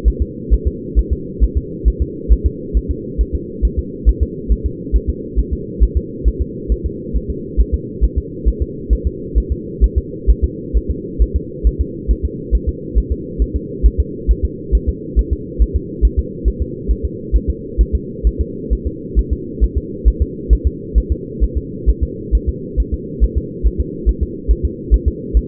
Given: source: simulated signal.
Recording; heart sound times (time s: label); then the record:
fetal heart sounds
0.08 s: S1
0.22 s: S2
0.53 s: S1
0.68 s: S2
0.99 s: S1
1.13 s: S2
1.44 s: S1
1.57 s: S2
1.88 s: S1
2.02 s: S2
2.32 s: S1
2.46 s: S2
2.77 s: S1
2.91 s: S2
3.21 s: S1
3.35 s: S2
3.65 s: S1
3.79 s: S2
4.09 s: S1
4.23 s: S2
4.52 s: S1
4.66 s: S2
4.96 s: S1
5.10 s: S2
5.39 s: S1
5.53 s: S2
5.83 s: S1
5.97 s: S2
6.28 s: S1
6.42 s: S2
6.72 s: S1
6.86 s: S2
7.16 s: S1
7.30 s: S2
7.61 s: S1
7.74 s: S2
8.04 s: S1
8.18 s: S2
8.48 s: S1
8.62 s: S2
8.93 s: S1
9.07 s: S2
9.38 s: S1
9.52 s: S2
9.84 s: S1
9.98 s: S2
10.30 s: S1
10.44 s: S2
10.77 s: S1
10.90 s: S2
11.22 s: S1
11.36 s: S2
11.67 s: S1
11.81 s: S2
12.11 s: S1
12.25 s: S2
12.55 s: S1
12.69 s: S2
12.98 s: S1
13.12 s: S2
13.42 s: S1
13.56 s: S2
13.86 s: S1
14.00 s: S2
14.31 s: S1
14.45 s: S2
14.75 s: S1
14.89 s: S2
15.19 s: S1
15.33 s: S2
15.62 s: S1
15.76 s: S2
16.05 s: S1
16.19 s: S2
16.48 s: S1
16.62 s: S2
16.91 s: S1
17.05 s: S2
17.36 s: S1
17.50 s: S2
17.81 s: S1
17.95 s: S2
18.27 s: S1
18.41 s: S2
18.73 s: S1
18.87 s: S2
19.19 s: S1
19.33 s: S2
19.64 s: S1
19.77 s: S2
20.08 s: S1
20.22 s: S2
20.53 s: S1
20.67 s: S2
20.98 s: S1
21.12 s: S2
21.44 s: S1
21.57 s: S2
21.89 s: S1
22.03 s: S2
22.35 s: S1
22.49 s: S2
22.80 s: S1
22.94 s: S2
23.24 s: S1
23.38 s: S2
23.67 s: S1
23.81 s: S2
24.09 s: S1
24.23 s: S2
24.51 s: S1
24.65 s: S2
24.94 s: S1
25.08 s: S2
25.37 s: S1
From the record:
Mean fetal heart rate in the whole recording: 135 bpm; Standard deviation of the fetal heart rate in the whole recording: 3 bpm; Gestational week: 34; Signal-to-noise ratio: -4.1 dB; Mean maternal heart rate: no maternal heart sound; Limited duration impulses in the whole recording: absent